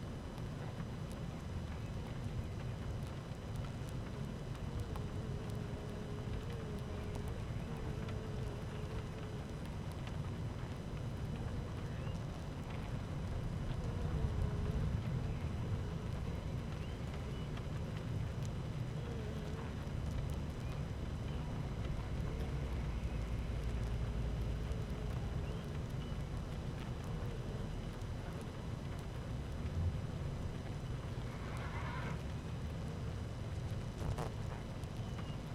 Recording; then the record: honeybee colony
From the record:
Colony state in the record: active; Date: 12 June 2018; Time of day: 13:16